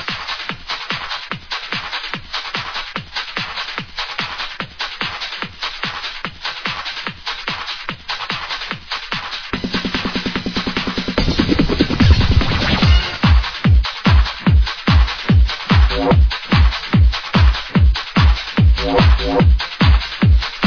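An adult heartbeat: steady, evenly spaced low thumps repeat about 146 times a minute, paired heart sounds giving a pulse near 73 beats a minute. Midway, a louder rumbling, buzzing stretch briefly blurs the beats before the steady thumping returns.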